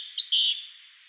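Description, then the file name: Great tit giving two sharp high chirps followed by a longer slurred note that fades away. "Parus major"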